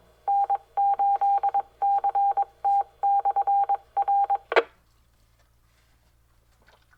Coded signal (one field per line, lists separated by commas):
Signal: Morse code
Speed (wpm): 22 wpm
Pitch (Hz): 800 Hz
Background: none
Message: N8CT/R